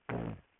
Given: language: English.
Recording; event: throat vibration sensor signal played as sound; throat clearing